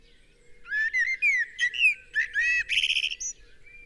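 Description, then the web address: Common blackbird song: clear, fluty whistled notes, some sliding down, followed by a rapid, high, squeaky twittering flourish. "SETE Turdus merula 180718"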